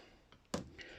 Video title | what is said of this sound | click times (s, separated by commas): Building the Disney Doll House - lssue 28 | So we're just going to slip it in until it clicks. | 0.5 s